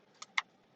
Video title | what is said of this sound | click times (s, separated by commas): Deals with David - Amazon Deals | snaps into place it only goes one way so you can't mess that up | 0.4 s